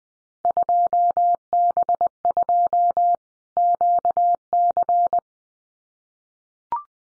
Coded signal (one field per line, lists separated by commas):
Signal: Morse code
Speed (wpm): 20 wpm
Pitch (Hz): 700 Hz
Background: none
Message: 2B2 QC